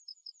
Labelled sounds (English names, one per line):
Yellowhammer song